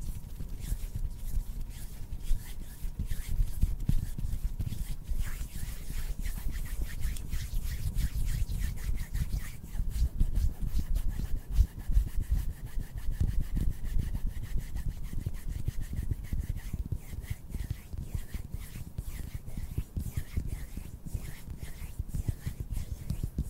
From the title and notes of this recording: TWINS MAKE ASMR HAND SOUNDS NO TALKING. INTENSE HAND SOUNDS ASMR AND HAND MOVEMENTS.